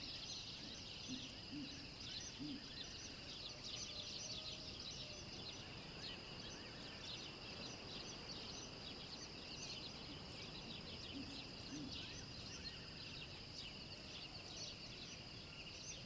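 Birds chirp and trill constantly in bright, overlapping calls, forming a dense high band that never lets up. Beneath it runs a steady low rumble with soft watery murmurs, and a few short low calls surface around four and eleven seconds.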